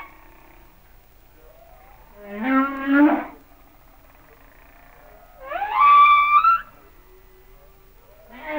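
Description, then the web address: Humpback whale song: a rising harmonic moan, then a higher swooping cry about three seconds later, with quiet between. "Natures Songs Whale Songs Sounds of Nature - Humpback Whales"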